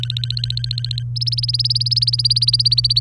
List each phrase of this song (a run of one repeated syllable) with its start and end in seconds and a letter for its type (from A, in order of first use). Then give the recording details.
0.00-1.03 A, 1.16-3.00 B. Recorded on 24 April 2018 at 08:22. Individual llb3